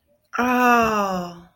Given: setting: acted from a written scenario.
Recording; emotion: vocal sound without words; awe